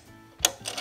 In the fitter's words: then you can spin this until this locks in place and you can't move it